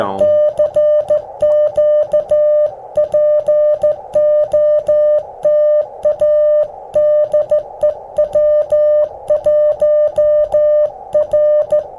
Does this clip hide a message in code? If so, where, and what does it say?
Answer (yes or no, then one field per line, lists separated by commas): yes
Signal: Morse code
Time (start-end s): 0.2-11.8 s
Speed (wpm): 15 wpm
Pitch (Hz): 600 Hz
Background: music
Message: CQ POTA DE W1R